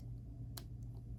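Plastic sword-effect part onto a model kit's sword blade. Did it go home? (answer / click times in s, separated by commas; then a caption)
yes / 0.6 s. A swooshed flame-sword effect part made of clear plastic is pushed onto a model kit's sword blade over a low, steady hum. A single sharp click at 0.6 s marks it seating onto the blade, followed by fainter light ticks.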